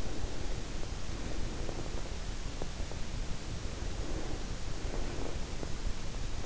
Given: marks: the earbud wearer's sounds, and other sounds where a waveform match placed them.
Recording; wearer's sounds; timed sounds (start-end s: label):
sounds in sleep by an in-ear microphone; breath
0.00-1.93 s: breath
3.40-5.82 s: breath